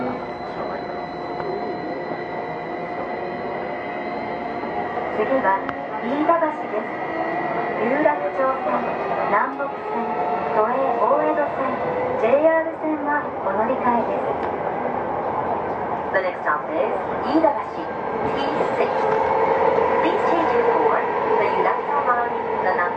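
A ride aboard a Tokyo Metro 05 series wide-door train between Nakano and Nishi-Funabashi, with a steady rumble and whining tones under constant voices. Curving speech runs throughout, and the motor hum rises and grows louder after about seventeen seconds.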